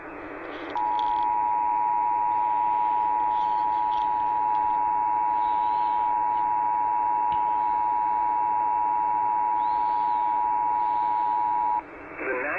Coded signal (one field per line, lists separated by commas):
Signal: Emergency Alert System (SAME) tones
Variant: 853 and 960 Hz attention tone